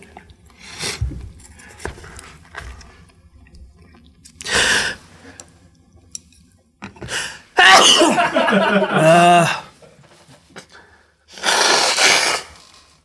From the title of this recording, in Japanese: 寿司を食うだけの時間